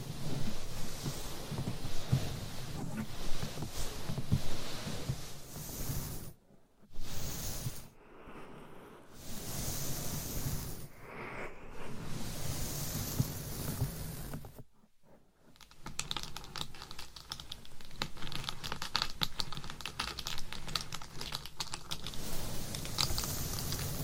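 Long nails scratch and tap across a bejeweled binaural mic in a dense, rustling stream with a low rumbling undertone. Brief silences break it near 6, 8 and 15 seconds. After that the scratching turns steadier and more even, a fast, crackly texture that runs to the end.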